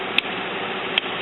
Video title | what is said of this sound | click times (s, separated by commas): CIS-Canon-Pixma-ix6520-How to install the Continuous-Ink-Supply-System | I hear it click | 0.2 s, 1.0 s